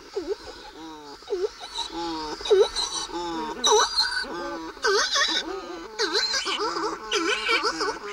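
Buller's shearwater moaning calls with repeated dipping, V-shaped wails about once a second, with several birds overlapping amid breathy higher notes.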